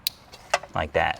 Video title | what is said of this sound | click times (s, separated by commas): Tacoma Sound Upgrade That Hits HARD! - Encore Alpha Power Amplifier Install & Sound Test | And when you're plugging these in, make sure you always hear that snap, like that. | 0.1 s